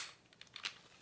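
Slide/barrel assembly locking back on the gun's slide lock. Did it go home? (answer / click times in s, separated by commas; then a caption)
yes / 0.7 s. A gun's slide and barrel assembly is pulled all the way back and locked in the rear position on the slide lock. A quick run of small mechanical clicks ends in the loudest click at 0.7 s as it catches, and the slide is locked back.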